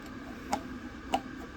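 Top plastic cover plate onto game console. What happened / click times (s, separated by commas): The plastic cover plate snapped into place / 0.5 s, 1.1 s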